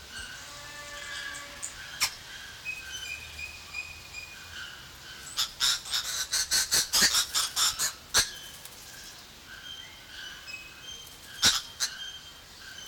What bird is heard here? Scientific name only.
Phoeniculus purpureus